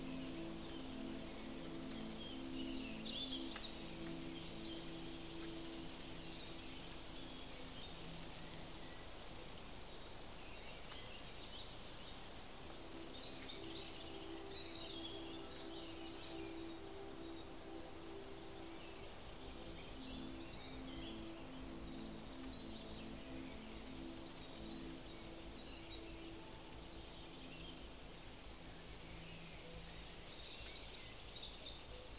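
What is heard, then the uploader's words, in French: A walk in the forest with birds chirping and twittering throughout, their bright calls thick and overlapping high above. Underneath runs a steady low hum with several sustained tones, fading briefly around ten to twelve seconds before returning. The level stays even throughout. Une balade en forêt bercé par les sons de la nature.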